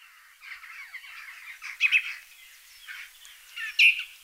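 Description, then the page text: Song thrush song: short varied phrases of bright whistles and scratchy notes, with louder notes near two and four seconds over faint background hiss. "Song Thrush Song 2 Sound Effect. Quick Sounds"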